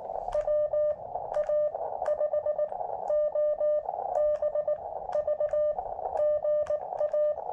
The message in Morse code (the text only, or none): WA5OBV GA